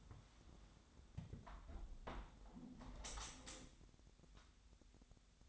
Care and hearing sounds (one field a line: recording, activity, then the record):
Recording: daily activity, microphone in the room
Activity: close window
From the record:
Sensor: 3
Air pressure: 1006.5 hPa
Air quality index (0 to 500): 205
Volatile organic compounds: 18 ppm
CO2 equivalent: 2616 ppm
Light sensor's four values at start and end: 10/24/10/10 and 10/24/10/10